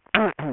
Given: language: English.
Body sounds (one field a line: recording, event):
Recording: throat vibration sensor signal played as sound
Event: throat clearing